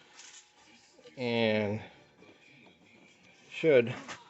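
A plastic retainer clip on the fabric seat bottom cover of a 2008 Xterra is being handled as it is pushed onto the seat frame, with a low steady background hiss throughout. Someone talks in two short bursts, around 1.2 to 1.8 seconds and 3.6 to 3.9 seconds. Nothing has seated or clicked yet.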